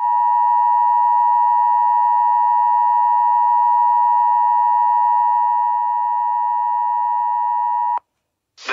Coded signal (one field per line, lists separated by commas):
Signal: Emergency Alert System (SAME) tones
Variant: 853 and 960 Hz attention tone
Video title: EAS Complation for 4/12/2023 (EAS#708-716)